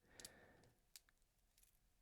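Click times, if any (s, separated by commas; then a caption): 1.0 s. A steel bracelet end link is pressed into a watch case on a second attempt after failing to locate the first time. Early metallic clicks are followed by a sharp, bright click at 0.9 s, then faint handling noise. The end link is seated with a tight fit.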